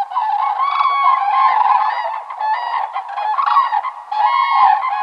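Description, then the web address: Common crane trumpeting, a steady chorus of overlapping rolling bugles with brief dips in loudness throughout. Spring migration in Finland; arriving breeding pairs of cranes. "kurki hannes tiira. muuttolintukalenteri kurjet saapuvat pesivat parit ensimmaisten joukossa"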